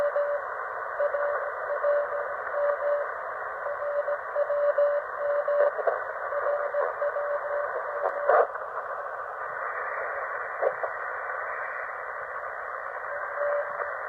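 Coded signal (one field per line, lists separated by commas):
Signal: radio time signal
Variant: RWM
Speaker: I'm receiving RWM Moscow on 9.996 megahertz, which is a 5 kilowatt transmission, not quite as strong as 14.996. And it's just come back on.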